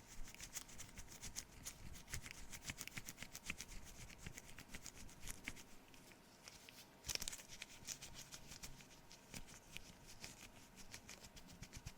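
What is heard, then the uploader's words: Cleaning sounds on the camera, with dense, continuous rubbing and scratchy brushing strokes that crackle and tick quickly throughout. A sharper, louder scrape stands out around seven seconds. A faint steady hum sits underneath, and there is no speech. ASMR FACE CLEANING, ASMR ROLE PLAY CLEANING CAMERA, NO TALKING.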